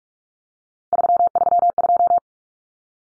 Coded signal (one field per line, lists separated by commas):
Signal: Morse code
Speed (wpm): 44 wpm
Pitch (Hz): 700 Hz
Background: none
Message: 332